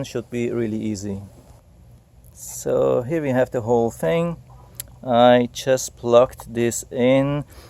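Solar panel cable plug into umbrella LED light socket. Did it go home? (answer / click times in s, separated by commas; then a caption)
no / none. Someone talks while holding a solar panel and pushing its cable plug into the LED light socket of a Sundale Outdoor 11 ft 40-LED aluminum patio market umbrella. Only a very faint tap is heard around 2.3 s. The plug has not clicked or seated, and a flap blocks pushing it in any further.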